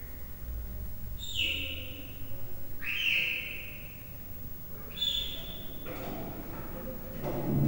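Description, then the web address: Leopard cub chirps, three short high whistles falling slightly in pitch, about two seconds apart, against a noticeable low rumbling background and a burst of noise at the end. Three-month-old captive leopard cub chirping, recorded at Miskolc Zoo, Hungary, in 2009. "allathangok miskolcizoo 2009 standardt leopard haromhonaposkolyokcsipogasa"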